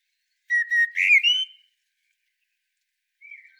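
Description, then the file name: Common blackbird song phrase: mellow fluted whistles at a steady pitch, then a short rising squeaky flourish, and one faint warble after a pause. "Turdus merula"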